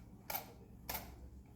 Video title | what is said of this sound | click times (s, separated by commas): Axkid Minikid 4 Demonstration - Ultimate Child Car Seat Safety - In Car Safety Centre | and push downwards and you can hear it clicking to tighten | 0.3 s, 0.9 s